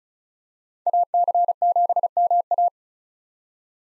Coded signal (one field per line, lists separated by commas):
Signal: Morse code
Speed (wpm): 36 wpm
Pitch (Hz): 700 Hz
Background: none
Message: AC7MA